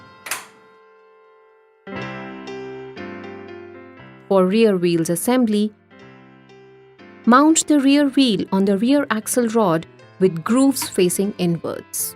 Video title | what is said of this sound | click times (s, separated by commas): Cortina CX Travel System Assembly Guide - Chicco (English) | Align the front wheels and push up until you hear its click sound. | 0.3 s